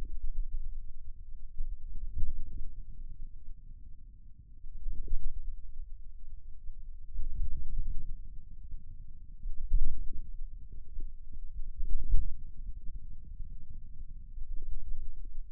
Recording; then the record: forearm muscle sounds (acoustic myography)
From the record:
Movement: ulnar deviation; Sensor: system 2, bracelet of six BSWA MPA416 microphones around the upper forearm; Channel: 2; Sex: male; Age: 22 years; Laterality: right